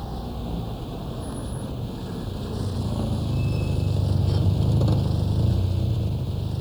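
A taxi's engine hums low and steady, growing gradually louder as it approaches and pulls up, with a broad rumbling wash of road and wind noise and no talking.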